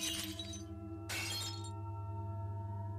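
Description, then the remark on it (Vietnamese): A porcelain incense bowl, already cracked in two, falls to the floor and shatters twice in quick succession, each crash a bright burst of breaking shards that rings out briefly over a steady low hum. “Hai mảnh bát hương cũng rơi xuống đất, vỡ tung tóe, bắn cả vào chân của bà.”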